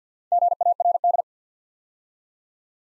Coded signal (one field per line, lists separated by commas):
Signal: Morse code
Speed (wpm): 50 wpm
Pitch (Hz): 700 Hz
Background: none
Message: GARD